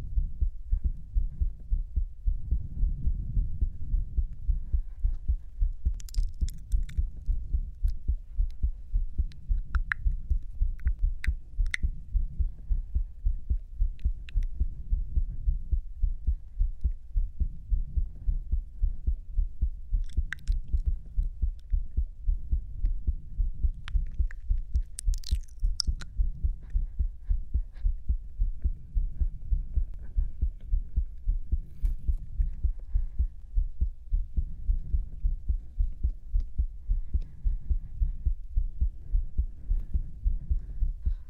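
A heartbeat thumps low and steady throughout, muffled, with a quick regular pulse that never lets up. Faint brighter rustles and soft breathy sounds surface now and then, around six, ten, twenty and twenty-five seconds.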